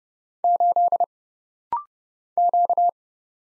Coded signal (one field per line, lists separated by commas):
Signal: Morse code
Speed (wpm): 30 wpm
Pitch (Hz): 700 Hz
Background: none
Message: 8 Q